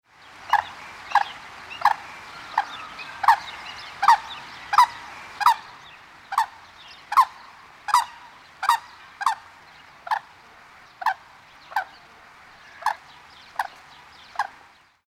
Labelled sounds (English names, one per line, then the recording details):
White-naped Crane
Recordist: Tembrock, Günter
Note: Kurzlaute